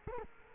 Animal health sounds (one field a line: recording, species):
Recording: mosquito wingbeat signal from an infrared sensor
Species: Culex quinquefasciatus